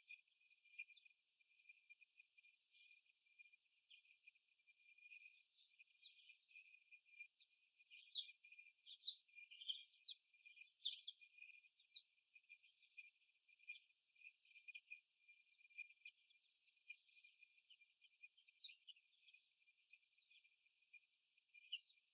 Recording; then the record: young laying hens in a cage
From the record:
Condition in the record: after the stressor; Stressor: simulated dog barking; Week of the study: 1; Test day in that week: 1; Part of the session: 1